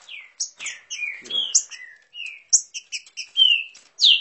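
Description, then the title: Green-winged saltator giving scattered short falling whistles mixed with many sharp high chips and clicks, delivered unevenly with brief pauses. Bird warming up its song. "Canto De Trinca Ferro. Trinca Ferro esquentando!"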